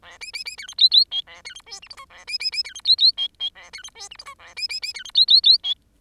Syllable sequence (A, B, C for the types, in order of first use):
A B B B C D E E F A C D G H I J A B B B C D E E F F A C D G H I J A B B B C D E E E F